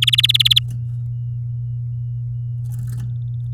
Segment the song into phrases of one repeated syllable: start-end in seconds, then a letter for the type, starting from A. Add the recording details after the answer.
0.02-0.59 A. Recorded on 9 May 2018 at 11:48. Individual llb16